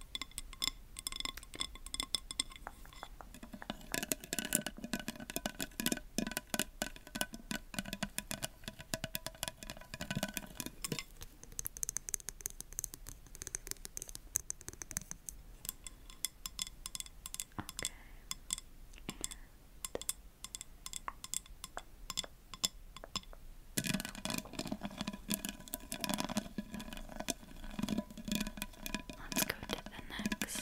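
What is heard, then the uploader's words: ASMR tapping: dense, rapid taps with a hard, glassy click, bright and busy from the start to about eleven seconds and again after twenty-four. In between, the taps thin out and turn softer and duller, with scattered isolated knocks over a low hiss. ASMR Tapping.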